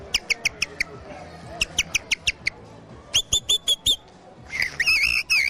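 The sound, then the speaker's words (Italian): At an international chioccolo (bird-call imitation) event in Friuli Venezia Giulia, a person whistles an imitation of a blackbird singing at dawn: runs of quick, high, evenly spaced chirps, then a louder fluttering warble at the end, with no talking. “Un bel merlo all'alba.”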